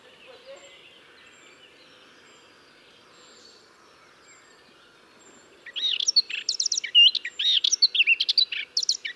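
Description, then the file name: Eurasian blackcap song, several seconds of near quiet, then an energetic burst of rapid, varied warbling notes to the close. "Sylvia atricapilla"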